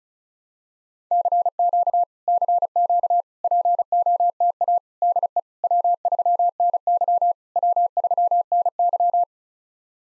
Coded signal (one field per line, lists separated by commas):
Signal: Morse code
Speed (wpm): 36 wpm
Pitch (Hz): 700 Hz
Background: none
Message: CQ CQ POTA DE W3NY W3NY